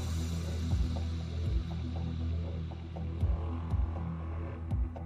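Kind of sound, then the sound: sound effect, heartbeat sound effect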